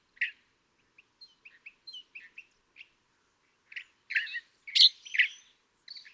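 California thrasher giving soft scattered notes and short whistles, building into louder, harsher chattering phrases toward the end.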